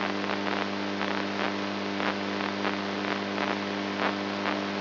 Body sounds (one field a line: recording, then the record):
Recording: brain microelectrode recording played as sound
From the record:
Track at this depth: inside the subthalamic nucleus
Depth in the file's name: 3.121 mm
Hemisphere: right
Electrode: 2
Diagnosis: Parkinson's disease